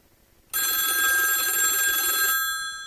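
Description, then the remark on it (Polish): A telephone rings in one bright, sustained burst of high, metallic bell tones lasting about two seconds, then fades out. No one speaks. “Aha, czy mamy telefon? Sprawdźmy.”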